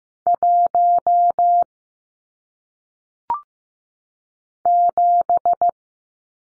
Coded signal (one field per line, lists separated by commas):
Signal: Morse code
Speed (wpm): 15 wpm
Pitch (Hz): 700 Hz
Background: none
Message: 1 7